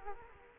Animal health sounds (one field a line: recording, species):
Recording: mosquito wingbeat signal from an infrared sensor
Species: Culex quinquefasciatus